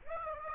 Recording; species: mosquito wingbeat signal from an infrared sensor; Aedes aegypti